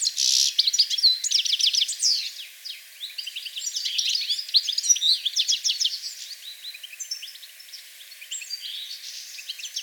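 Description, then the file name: European goldfinch calling in a busy stream of high, tinkling chirps and quick trills, loudest at the opening. "Carduelis carduelis"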